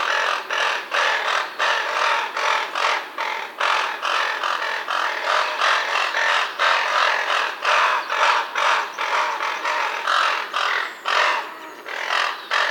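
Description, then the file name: Raven giving harsh rattling calls: a long, rapid string of rasping bursts, two to three a second and fairly irregular, continuing almost without pause. Ravens feeding their young. "Digiffects Sound Effects Library - Raven Feeding Young Ones"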